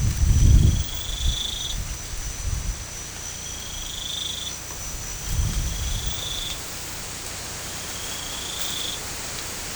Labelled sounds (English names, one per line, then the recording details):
none
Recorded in pastures near Puerto Asís, Putumayo, Colombia, on 18 December 2024 at 22:30
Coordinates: 0.472, -76.331
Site GP02